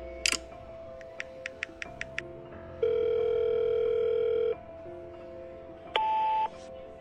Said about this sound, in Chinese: 他掏出手机，哆嗦着给洛伊拨了个电话。